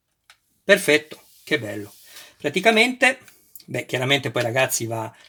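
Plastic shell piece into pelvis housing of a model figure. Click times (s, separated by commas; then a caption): 0.3 s. A plastic shell piece of a De Agostini Iron Man model (No. 70) is pressed by force into the pelvis housing and snaps closed with a single sharp tick at 0.3 s, seating firmly. Someone then talks.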